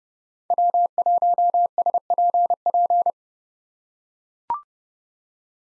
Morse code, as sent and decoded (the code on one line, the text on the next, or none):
.-- .---- ... .--. .--.
W1SPP